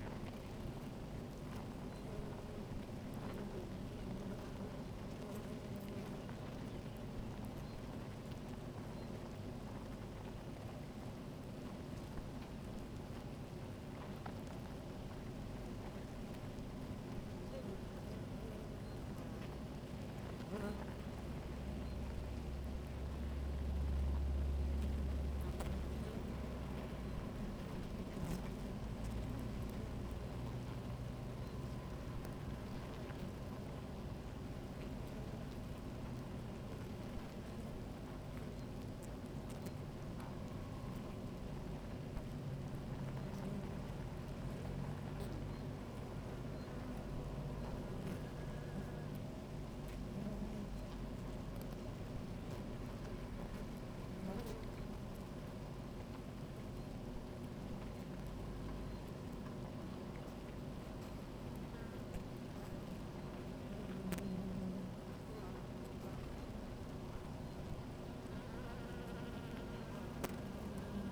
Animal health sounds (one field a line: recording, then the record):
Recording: honeybee colony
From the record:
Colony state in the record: active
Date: 28 July 2017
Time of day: 16:28